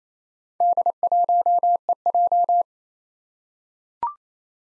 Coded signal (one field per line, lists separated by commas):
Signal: Morse code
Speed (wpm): 27 wpm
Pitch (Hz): 700 Hz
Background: none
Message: D1EJ